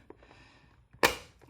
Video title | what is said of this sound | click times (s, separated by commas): Ojika NI Return To Kendo Training - Covid 19 Measures - UK | so that snaps into place | 1.0 s